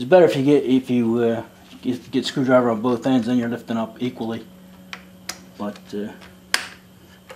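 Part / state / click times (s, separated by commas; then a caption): pressed-in metal part coming out of a small engine / released / 6.5 s. A pressed-in metal part on a homemade water-cooled small engine is pried up with screwdrivers on both ends so it lifts evenly, while someone talks. A few small clicks follow, then the part pops free with one sharp click at 6.5 s.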